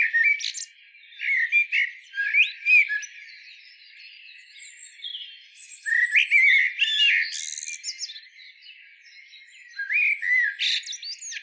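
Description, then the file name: Eurasian blackbird song, fluty warbled phrases with squeaky high twittered endings, in bursts around the start, middle and end, separated by quieter pauses. "Turdus merula"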